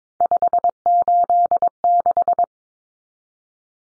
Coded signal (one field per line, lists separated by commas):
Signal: Morse code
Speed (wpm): 22 wpm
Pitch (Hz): 700 Hz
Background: none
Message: 586